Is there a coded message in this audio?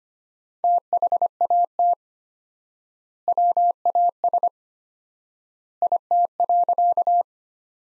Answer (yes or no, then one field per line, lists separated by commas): yes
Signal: Morse code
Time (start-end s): 0.6-7.2 s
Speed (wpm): 25 wpm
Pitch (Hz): 700 Hz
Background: none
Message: THAT WAS IT.